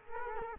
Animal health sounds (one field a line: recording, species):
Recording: mosquito wingbeat signal from an infrared sensor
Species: Culex quinquefasciatus